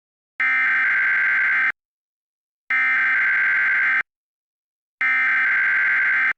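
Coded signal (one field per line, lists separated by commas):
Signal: Emergency Alert System (SAME) tones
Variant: header bursts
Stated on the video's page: Fictional alternate-history EAS scenario, not a real alert.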